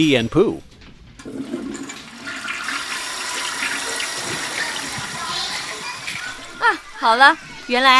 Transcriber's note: flushing sound